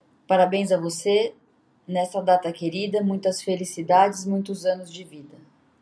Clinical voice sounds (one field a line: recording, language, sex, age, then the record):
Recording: short text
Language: Brazilian Portuguese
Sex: female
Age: 20 to 29 years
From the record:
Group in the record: control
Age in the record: 21 years